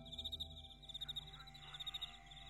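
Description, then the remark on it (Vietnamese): Insects in the fields at night chirp in rapid, high-pitched pulsing trills that come in repeated bursts, with a soft steady drone underneath. No one speaks. “Khuya hôm đó, mùi đất ẩm hòa cùng tiếng chó tru từng hồi xa xa, tiếng côn trùng giữa đồng kêu lên từng hồi rinh rích.”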